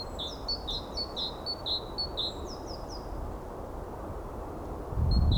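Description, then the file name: Great tit song, a bright two-note phrase repeated rapidly about five times, high then lower, followed by a burst of low noise. "Parus major"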